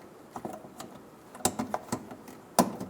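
A plastic wiring harness connector is pushed onto the fog light socket of a 2007-2011 Toyota Camry during lower grille replacement. A few light plastic ticks and taps come first, then the loudest sharp click at 2.6 s as it locks. The connector is seated.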